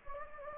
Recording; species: mosquito wingbeat signal from an infrared sensor; Anopheles gambiae